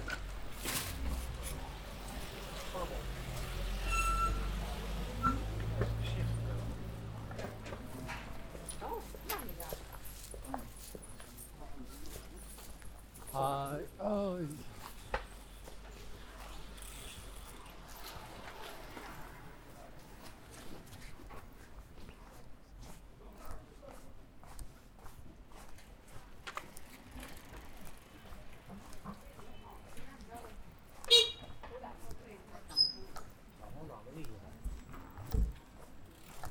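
A walk to Xiang'er Hutong for noodles. A low engine rumble fills the first seven seconds, then people talk on and off over a steady murmur. A dog-like yelp sounds around fourteen seconds, and a few sharp knocks and clicks come near thirty-one seconds.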